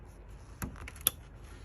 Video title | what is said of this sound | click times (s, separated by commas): Mercedes Benz E250 (A207) How to fix faulty camera | now it's clicked it's all in | 1.1 s